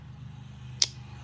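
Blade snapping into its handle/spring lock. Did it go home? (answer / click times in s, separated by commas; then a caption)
yes / 0.8 s. A flea-market folding blade tool, a little tarnished and not yet oiled, has its metal blade worked so it snaps into its handle's spring lock. A single crisp, bright snap at 0.8 s rises sharply over a steady low hum, and the blade is seated in position.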